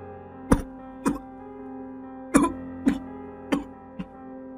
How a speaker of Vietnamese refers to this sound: Những tiếng ho sặc sụa vang lên, nhưng chú Tư vẫn không hề nghe thấy.